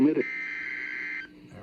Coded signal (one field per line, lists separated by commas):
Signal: Emergency Alert System (SAME) tones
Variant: header bursts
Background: speech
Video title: Convective Handful (of hail) - EAS Alerts from 5/5/25 || EAS 1,752-1,756